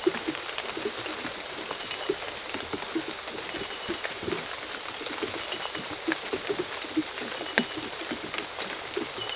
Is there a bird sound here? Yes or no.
no